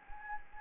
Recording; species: mosquito wingbeat signal from an infrared sensor; Anopheles gambiae